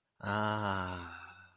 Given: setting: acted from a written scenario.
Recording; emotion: vocal sound without words; relief